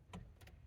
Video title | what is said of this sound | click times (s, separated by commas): How To Lock Your Steering Wheel (Free Car Security Tip) | until you hear that click | 0.1 s